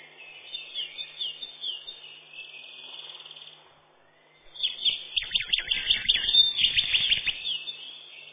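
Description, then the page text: Eurasian wren singing: a rapid high trill, a short pause, then a louder burst of quick, bubbling notes that trails off at the end. "Крапивник, или подкоренник, орешек (лат. Troglodytes troglodytes)"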